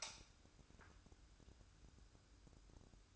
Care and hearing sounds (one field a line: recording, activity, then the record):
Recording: daily activity, microphone in the room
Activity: light on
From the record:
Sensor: 2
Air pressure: 1007.6 hPa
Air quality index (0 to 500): 73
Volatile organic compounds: 1 ppm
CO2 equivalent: 630 ppm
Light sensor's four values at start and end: 8/20/8/9 and 13/36/15/14